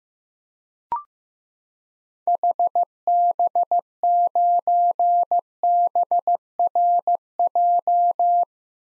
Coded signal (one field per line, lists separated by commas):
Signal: Morse code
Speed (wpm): 15 wpm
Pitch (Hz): 700 Hz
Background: none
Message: HB9BRJ